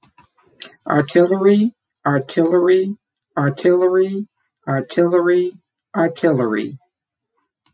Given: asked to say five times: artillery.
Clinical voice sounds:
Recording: repeated word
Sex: female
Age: 50 to 59 years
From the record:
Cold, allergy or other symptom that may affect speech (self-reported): no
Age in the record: 57 years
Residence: Mississippi, United States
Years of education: 13

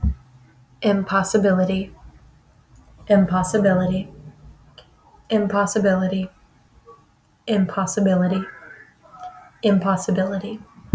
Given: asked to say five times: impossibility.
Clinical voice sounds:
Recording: repeated word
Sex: female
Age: 20 to 29 years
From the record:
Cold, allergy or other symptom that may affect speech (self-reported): no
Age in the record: 28 years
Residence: United States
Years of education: 14

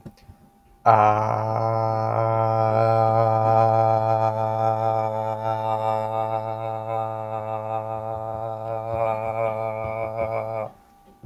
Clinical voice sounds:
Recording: vowel held as long as possible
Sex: male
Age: 20 to 29 years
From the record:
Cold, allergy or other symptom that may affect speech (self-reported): no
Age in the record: 28 years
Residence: Pennsylvania, United States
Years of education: 16

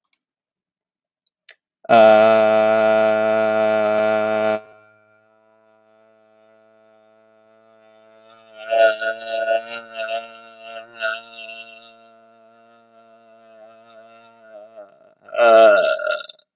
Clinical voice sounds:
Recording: vowel held as long as possible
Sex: male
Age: 20 to 29 years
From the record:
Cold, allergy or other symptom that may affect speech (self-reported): no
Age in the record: 20 years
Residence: Texas, United States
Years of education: 16

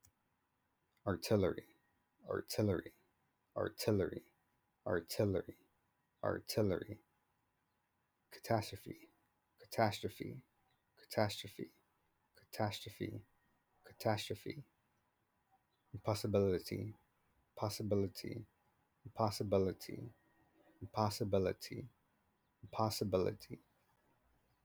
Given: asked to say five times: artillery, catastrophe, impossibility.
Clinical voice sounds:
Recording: three words, each repeated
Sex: male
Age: 30 to 39 years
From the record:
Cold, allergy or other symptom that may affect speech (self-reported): no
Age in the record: 31 years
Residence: California, United States

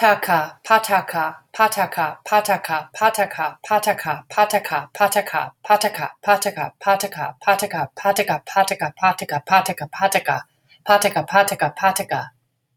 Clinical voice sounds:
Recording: repeated syllables /pa ta ka/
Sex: female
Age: 50 to 59 years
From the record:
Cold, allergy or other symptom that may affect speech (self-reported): no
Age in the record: 52 years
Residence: Maryland, United States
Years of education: 18

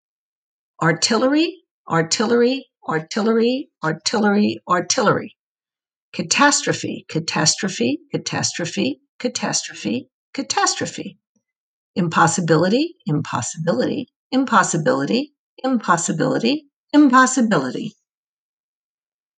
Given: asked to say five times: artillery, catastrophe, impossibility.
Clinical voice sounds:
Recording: three words, each repeated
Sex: female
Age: 60 to 69 years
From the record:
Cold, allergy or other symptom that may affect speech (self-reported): no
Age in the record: 68 years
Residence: North Carolina, United States

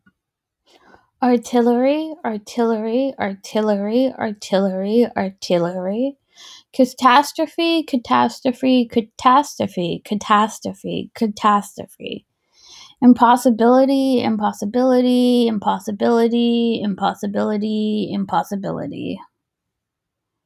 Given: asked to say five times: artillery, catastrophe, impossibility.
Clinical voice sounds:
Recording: three words, each repeated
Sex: female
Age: 30 to 39 years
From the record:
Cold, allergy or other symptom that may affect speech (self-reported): no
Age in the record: 31 years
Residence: South Carolina, United States

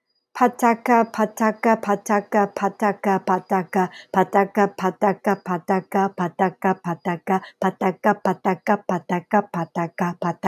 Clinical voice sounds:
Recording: repeated syllables /pa ta ka/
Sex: female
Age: 40 to 49 years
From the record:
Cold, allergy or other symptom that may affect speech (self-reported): no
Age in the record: 41 years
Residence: Hawaii, United States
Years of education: 16

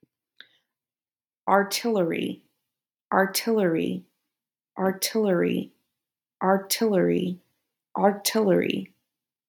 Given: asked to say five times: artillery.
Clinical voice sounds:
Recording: repeated word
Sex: female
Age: 30 to 39 years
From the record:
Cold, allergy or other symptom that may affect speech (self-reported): no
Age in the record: 31 years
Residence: United States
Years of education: 18

